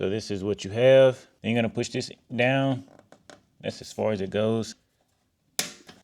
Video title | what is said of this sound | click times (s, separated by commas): Ikea Aurdal Closet System Step by Step Tutorial | And now that's locked into place. | 5.6 s